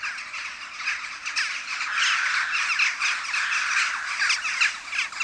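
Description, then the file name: Western jackdaw flock heard as a steady, thick wall of squawking calls from many birds, loudest in the middle and never pausing. Many jackdaws calling together at a communal roost. "Kauwenslaapplaats - luc de bruijn"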